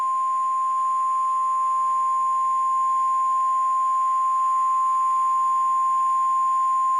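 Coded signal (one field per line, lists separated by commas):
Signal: Emergency Alert System (SAME) tones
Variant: 1050 Hz attention tone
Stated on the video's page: Fictional EAS scenario alert.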